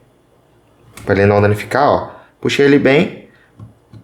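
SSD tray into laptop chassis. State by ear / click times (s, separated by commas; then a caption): seated / 3.6 s. After the flat cable is reconnected, the SSD tray (bracket) is pressed back into its mounting points in the laptop chassis while someone talks. A small click is heard at 3.6 s as the tray seats and fits just right.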